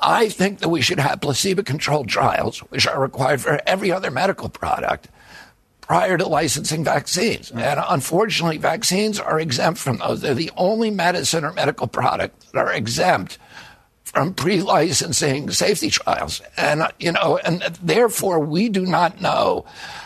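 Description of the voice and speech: A man speaks in continuous sentences with a strained, gravelly, creaky voice, tight and effortful throughout, with rough breaks on vowels. This is spasmodic dysphonia (spasmodic dystonia), a neurological disorder in which the vocal cords involuntarily tighten, giving the voice its strained, gravelly quality; here it was caused by an injury in adulthood.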